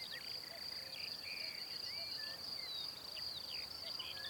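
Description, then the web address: Cricket song as a continuous high steady trill, with scattered short whistled bird notes in the background. "Kurs PTTK Przyroda Ptaki Świerszcze"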